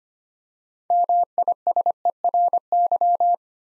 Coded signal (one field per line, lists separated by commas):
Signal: Morse code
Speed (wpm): 25 wpm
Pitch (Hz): 700 Hz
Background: none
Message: MISERY